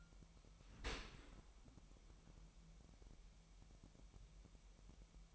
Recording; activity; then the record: daily activity, microphone in the room; open dishwasher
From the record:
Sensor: 1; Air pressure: 998.3 hPa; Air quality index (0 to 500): 138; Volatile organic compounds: 4 ppm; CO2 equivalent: 1657 ppm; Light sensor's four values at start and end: 16/55/22/22 and 16/55/22/22